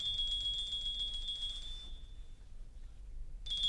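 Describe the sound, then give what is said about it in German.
A doorbell rings in a sustained, shrill electric buzz, stops for a moment, then starts ringing again; no voices are heard. “Es läutet.”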